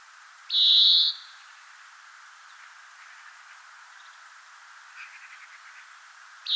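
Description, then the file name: European greenfinch with one long nasal buzzy wheeze, faint soft chips later, and another wheeze starting as the recording ends. "Chloris chloris"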